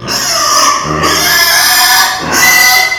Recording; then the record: squeal of a Yucatan mini pig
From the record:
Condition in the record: before surgery on the right vocal fold (resection and tissue-engineered implant); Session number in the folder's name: 2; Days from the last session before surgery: 0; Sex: male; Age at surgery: 12 weeks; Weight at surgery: 13 kg